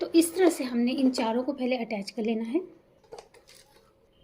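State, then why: Not seated. Remaining plastic feet are being pushed into the round sockets on the upturned base panel of a plastic storage rack, where each foot locks once fitted and can then only be removed by pressing. Someone talks for the first 2.7 seconds, followed by several short plastic knocks and clicks around 3.1 to 3.5 seconds. Nothing has seated or clicked home yet.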